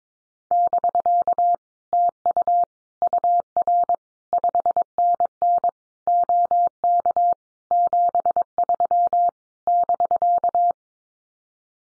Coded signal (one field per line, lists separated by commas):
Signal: Morse code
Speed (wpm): 22 wpm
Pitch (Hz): 700 Hz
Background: none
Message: <BK> TU UR 5NN OK 73 <BK>